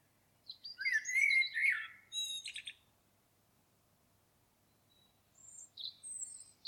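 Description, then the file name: Common blackbird gives a rich fluted warble followed by a brief scratchy twitter, then after a pause some soft, thin, high squeaky notes. "Turdus merula"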